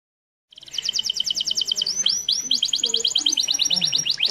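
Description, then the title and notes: Canary song: a buzzy high trill, two swooping downslurs, then a long rapid chattering trill. Master song recording for training canaries to sing. "Suara Burung Kenari Masteran. master suara burung kenari mantap"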